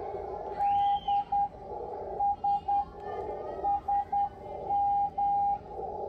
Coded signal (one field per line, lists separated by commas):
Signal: Morse code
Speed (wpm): 10 wpm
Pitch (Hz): 810 Hz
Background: radio noise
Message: DSSM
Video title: 모스 부호로 인내심을 길러보자(1)